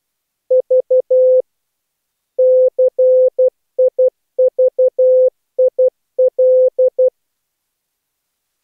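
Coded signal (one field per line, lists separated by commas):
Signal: Morse code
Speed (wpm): 12 wpm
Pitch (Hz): 510 Hz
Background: none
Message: V CIVIL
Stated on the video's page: Ultra-short Morse practice segment following ham radio news and a 8PSK500 burst at 1000 Hz.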